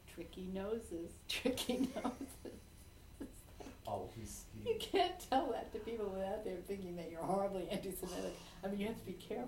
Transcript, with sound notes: Tricky noses. Tricky noses." (laughter) You can't tell that to people without them thinking that you're horribly anti-Semitic. I mean, you have to be careful.